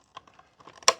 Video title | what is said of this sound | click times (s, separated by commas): Shark Lift-Away Detect Pro Upright Vacuum Review LA802 - Dirt Detect & Edge Cleaning! | And then make sure you click it into place. Put the front ears in on the top. Rotate and click it into place. | 0.9 s